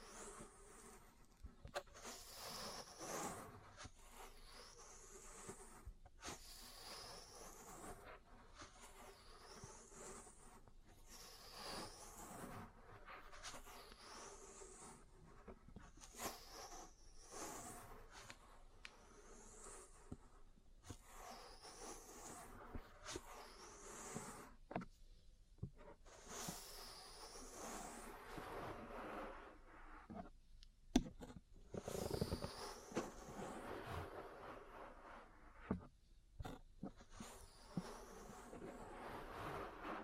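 Ear cleaning sounds fill the recording: a steady, dense rustle and scratching with quick bright sweeps and clicks recurring every couple of seconds. Brief sharp taps and brushing strokes stand out around 25, 31 and 36 seconds, with a faint low hum underneath.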